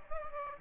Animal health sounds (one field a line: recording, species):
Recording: mosquito wingbeat signal from an infrared sensor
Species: Aedes aegypti